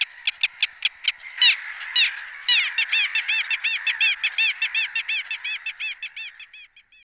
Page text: Голоса птиц - Малая чайка (Larus minutus)